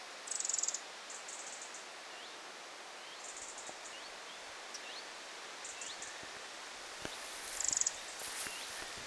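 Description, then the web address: Eurasian wren calls: very high, buzzy bursts of rapid ticking notes at the start and near the end, with softer thin high notes scattered between over a steady hiss. Wren brood: a parent and at least five young, recorded 9 August 2026. "9 8 2026 peukaloinen pesue emo ja ainakin viisi poikasta"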